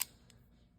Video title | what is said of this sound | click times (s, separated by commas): ROXON Tools - Great or Epic Fail? #roxontools | it locks into place. | 0.0 s